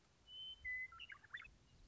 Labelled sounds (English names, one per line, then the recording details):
Western Meadowlark
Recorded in Sonoma County, California